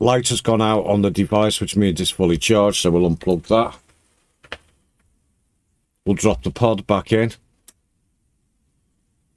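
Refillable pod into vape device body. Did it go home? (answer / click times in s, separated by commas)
yes / 7.7 s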